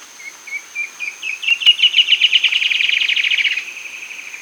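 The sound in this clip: Bird song: spaced short notes speeding into a fast, buzzy trill that climbs slightly, then stops after about three and a half seconds, with a steady high hiss behind.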